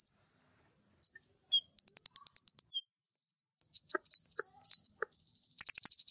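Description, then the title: Birds call with a few isolated high notes, then a fast even series of sharp chips, scattered twitters and a final rapid buzzy trill. "Burung Campur4"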